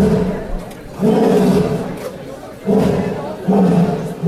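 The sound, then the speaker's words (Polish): An all-black jaguar at the Kraków zoo roars in three heavy, rumbling bursts, each lasting about a second with brief pauses between, loud and low-pitched. “No i co, pan jaguar? Cały czarny?”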